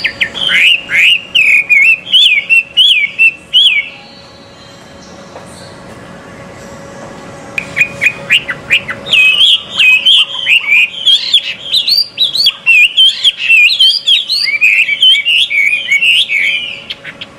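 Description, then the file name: Chinese hwamei pours out rapid warbled whistles, pauses for a few quiet seconds, then resumes a long, dense stream of varied notes. Song at a bird gathering. "audio-gathering-hwamei omkicau"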